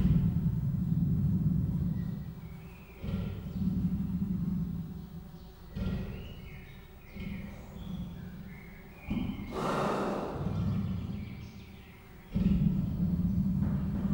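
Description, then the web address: Persian leopard giving breathy, rasping low grunts in short bursts, with pauses between series and a brief noisy rush in the middle. Captive animal at a zoo in Miskolc, recorded in 2018 with a professional microphone. "perzsa leopard"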